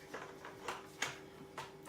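A plastic lance extension is pushed onto a pressure washer spray gun, with a few small knocks and rattles as it is worked into place. A sharp click at 1.0 seconds is the extension seating in the gun.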